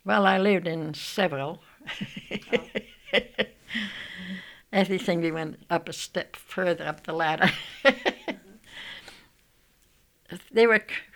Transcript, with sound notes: Well, I lived in several. ( she laughs ) As they say, we went up a step further on the ladder. ( she laughs ) There were,